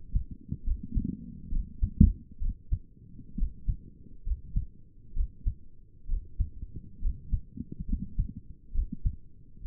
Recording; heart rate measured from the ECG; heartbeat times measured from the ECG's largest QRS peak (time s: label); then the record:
heart sounds by stethoscope; 67 bpm
0.66 s: heartbeat
1.52 s: heartbeat
2.42 s: heartbeat
3.38 s: heartbeat
4.26 s: heartbeat
5.16 s: heartbeat
6.09 s: heartbeat
7.02 s: heartbeat
7.88 s: heartbeat
8.74 s: heartbeat
9.65 s: heartbeat
From the record:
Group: healthy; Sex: male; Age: 22 years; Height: 181 cm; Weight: 79 kg